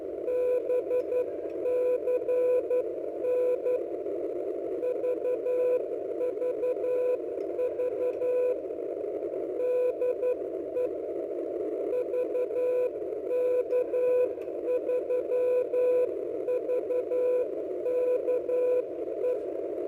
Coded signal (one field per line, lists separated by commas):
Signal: Morse code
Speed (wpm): 11 wpm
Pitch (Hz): 500 Hz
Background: radio noise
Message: BCN VVV DE VK3VKE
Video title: Is it a Beam ? ⚡Far Field Pattern⚡ HF E field Beam Experiment ⚡🙏⚡